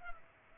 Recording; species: mosquito wingbeat signal from an infrared sensor; Culex pipiens